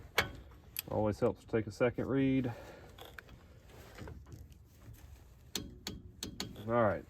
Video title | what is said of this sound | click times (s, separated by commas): How To Replace Inner & Outer Front Wheel Bearings On A 2001 Ford F150 2WD | This thing's gonna click pretty soon. You hear it right there. | 0.2 s